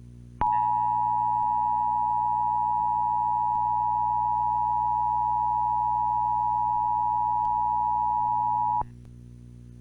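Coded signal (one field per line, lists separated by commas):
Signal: Emergency Alert System (SAME) tones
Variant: 853 and 960 Hz attention tone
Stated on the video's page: Mock EAS alert recreating a 2013 northern Georgia severe weather outbreak, run through a VCR.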